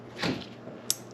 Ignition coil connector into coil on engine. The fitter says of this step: Make sure you hear that click, because you do not want to take those back out again.